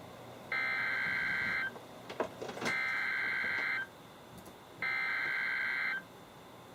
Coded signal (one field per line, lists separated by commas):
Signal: Emergency Alert System (SAME) tones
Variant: header bursts